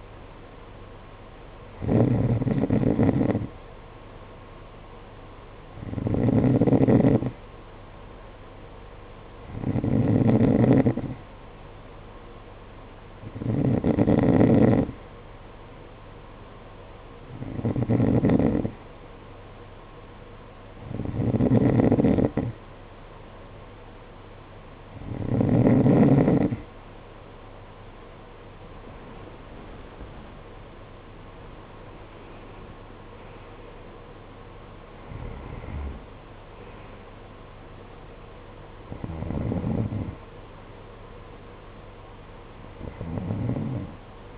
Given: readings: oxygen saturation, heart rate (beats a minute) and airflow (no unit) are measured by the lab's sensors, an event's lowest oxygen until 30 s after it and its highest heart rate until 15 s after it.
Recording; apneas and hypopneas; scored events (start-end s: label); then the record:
breathing in sleep by a voice recorder at the bedside; 1
9.00-29.00 s: hypopnea (N2, oxygen 92% highest, then 91% lowest, heart rate 54 at the start, 59 highest)
36.00-44.38 s: new sleep stage, N1 (lightest sleep)
From the record:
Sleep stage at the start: N2 (light sleep); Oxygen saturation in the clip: 91 to 92%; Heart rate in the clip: 51 to 59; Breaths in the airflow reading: 12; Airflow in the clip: -11.6 to 10.6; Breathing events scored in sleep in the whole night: 476 in 9.7 hours asleep